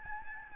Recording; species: mosquito wingbeat signal from an infrared sensor; Aedes albopictus